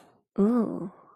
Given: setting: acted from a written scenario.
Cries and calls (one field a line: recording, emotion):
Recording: vocal sound without words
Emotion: disgust